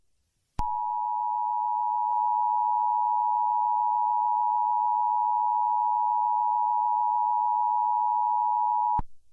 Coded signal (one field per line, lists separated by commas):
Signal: Emergency Alert System (SAME) tones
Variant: 853 and 960 Hz attention tone